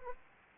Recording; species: mosquito wingbeat signal from an infrared sensor; Anopheles arabiensis